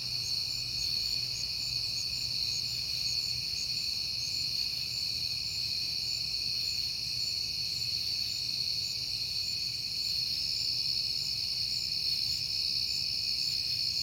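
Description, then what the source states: Steady chorus of crickets, a bright high buzz-like trill sustained without change, with a faint low drone beneath. Crickets at night in September, on a peaceful night.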